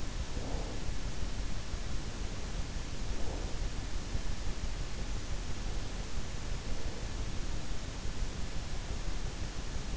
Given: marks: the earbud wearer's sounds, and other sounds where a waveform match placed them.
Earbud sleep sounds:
sounds in sleep by an in-ear microphone; breath
0.00-1.52 s: breath

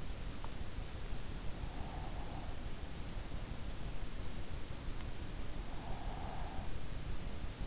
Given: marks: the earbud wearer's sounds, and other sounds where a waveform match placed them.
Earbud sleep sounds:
sounds in sleep by an in-ear microphone; breath
1.74-2.88 s: breath
5.68-7.17 s: breath

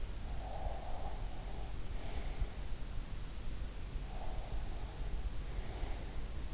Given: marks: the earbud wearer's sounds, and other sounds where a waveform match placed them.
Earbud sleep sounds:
sounds in sleep by an in-ear microphone; breath
0.20-2.69 s: breath
3.81-6.53 s: breath

